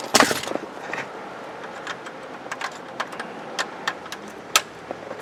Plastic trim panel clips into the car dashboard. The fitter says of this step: I don't have to tell you this, but just make sure you hear everything snap back in place.